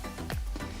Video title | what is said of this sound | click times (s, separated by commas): TUTO COMMENT INSTALLER LES PALETTE EXTRAMERATE POUR MANETTE PS5, TUTO KIT DE REMAPPAGE MANETTE PS5 | vous faites office de levier jusqu'à temps que vous entendez un clac comme ceci. | 0.3 s